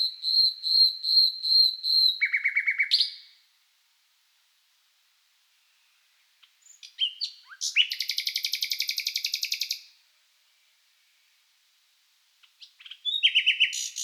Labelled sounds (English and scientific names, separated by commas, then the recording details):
Common Nightingale (Luscinia megarhynchos)
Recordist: Frommolt, Karl-Heinz
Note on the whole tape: Gesang